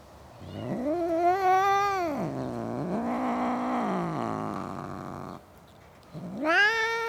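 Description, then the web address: Domestic cat yowling, a long loud wavering caterwaul that rises, holds and dips, then a brief pause before another sharp rising yowl begins. Cats in a suburban garden. "BBC Sound Effects Library. Cats In A Suburban Garden"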